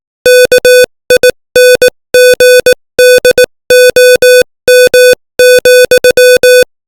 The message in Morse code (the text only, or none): KINGDOM,